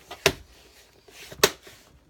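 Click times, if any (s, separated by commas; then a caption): 0.3 s, 1.4 s. A plastic battery cover on a Monster Rockin Roller 2 ride-on toy has its lip tucked into place on the housing and is then pressed down. Two sharp, loud snaps ring out at 0.3 s and 1.4 s, with faint handling sounds between them. The cover is seated.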